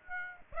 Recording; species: mosquito wingbeat signal from an infrared sensor; Aedes aegypti